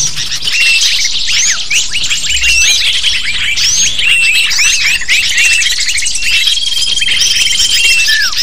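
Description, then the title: Lovebirds in a noisy flock: piercing chirrups and curled squeaks overlapping continuously, plus a long thin whistle toward the end and a falling squeal. Lure call (pikat) to attract lovebirds. "PIKAT BURUNG LOVEBIRD"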